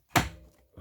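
An in-tube battery pack is reinserted into the diagonal down tube of an e-bike frame with a Yamaha PW-SE motor while dealing with an error 74. A single loud, sharp click-thunk lands at 0.2 s and rings down over about a third of a second, with a faint low sound at the very end. The battery is seated.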